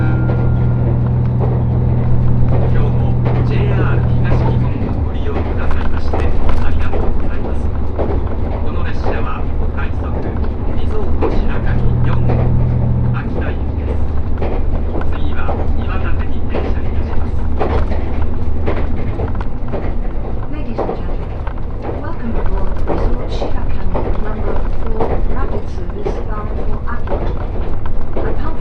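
Riding the Resort Shirakami No. 4 on the Gono Line, a steady low rumble of the train runs throughout, with a deeper engine drone that drops away after about five seconds and briefly returns near thirteen. Frequent rattles and clicks sit over it, with faint voices.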